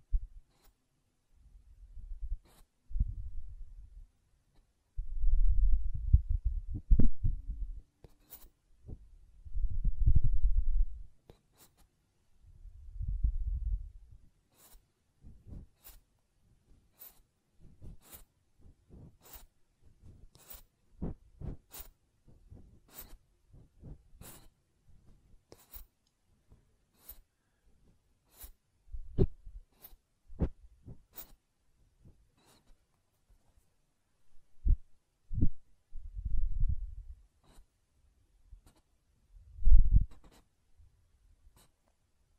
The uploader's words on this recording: ASMR Ear Cleaning and Blowing (No Talking).